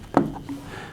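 A plastic GPS cradle for a Garmin Montana (010-11654-04) is pulled off the ball joint of a friction dash mount with a speaker. It comes off with a short pop at 0.2 s, followed by a fainter sound at 0.5 s and a low background hum. The cradle is released from the ball-joint mount.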